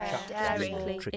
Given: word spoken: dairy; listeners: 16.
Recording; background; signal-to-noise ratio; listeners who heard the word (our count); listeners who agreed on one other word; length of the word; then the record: one English word in noise, from a listening test; four-talker babble; -0.8 dB; 3 of 16; 7 of 16; 0.77 s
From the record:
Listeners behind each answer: 7, 3, 2, 2, 1, 1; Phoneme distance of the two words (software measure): 17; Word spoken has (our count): 2 syllables, 4 phonemes, stress on syllable 1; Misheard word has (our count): 2 syllables, 5 phonemes, stress on syllable 1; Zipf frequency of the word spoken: 4.00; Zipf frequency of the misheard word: 3.72